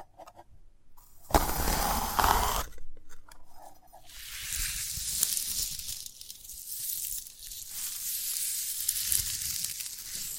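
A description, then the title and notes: Sprouted coconut being handled, opening with a sharp loud burst of crackling and tearing from about one to two and a half seconds. After a few quiet taps, a steady bright scraping, sizzle-like rustle runs from four seconds to the end, rising and falling gently. ASMR of a Sprouted Coconut (No Talking).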